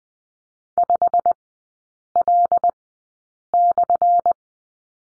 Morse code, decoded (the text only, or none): 5L/